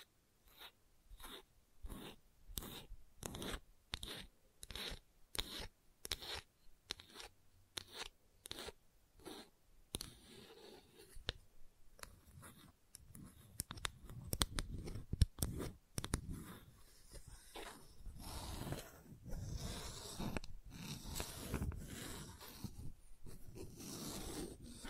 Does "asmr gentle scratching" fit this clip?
yes